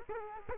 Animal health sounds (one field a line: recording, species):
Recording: mosquito wingbeat signal from an infrared sensor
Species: Culex quinquefasciatus